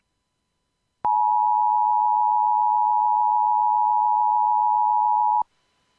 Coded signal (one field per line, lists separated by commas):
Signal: Emergency Alert System (SAME) tones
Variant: 853 and 960 Hz attention tone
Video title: Another SC TOR EAS #343